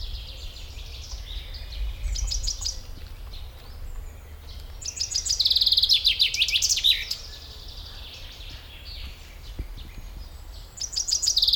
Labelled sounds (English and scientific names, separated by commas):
Common Chaffinch (Fringilla coelebs) song